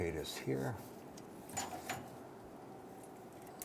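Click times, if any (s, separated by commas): 3.6 s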